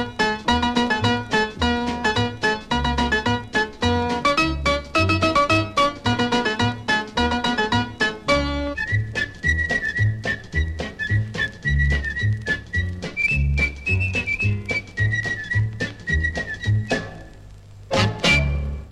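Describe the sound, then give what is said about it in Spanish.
An upbeat Italian song plays with bouncy bass and brisk rhythm, then a high, clear whistled melody takes the lead over the band for the second half before the music cuts off. “Dan ganas de silbar cuando escuchas esta canción.”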